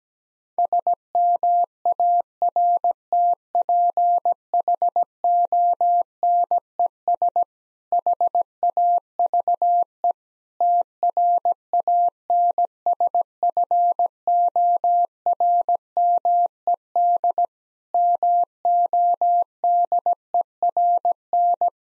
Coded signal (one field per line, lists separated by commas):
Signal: Morse code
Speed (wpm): 17 wpm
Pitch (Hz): 700 Hz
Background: none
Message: SMARTPHONES HAVE TRANSFORMED MODERN